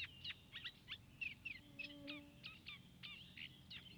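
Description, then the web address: Eurasian reed warbler song: a run of short, harsh chirping notes at uneven spacing, joined briefly by a low steady hum in the middle. 13 June 2015. "fagelljud 20150613 rorsangare"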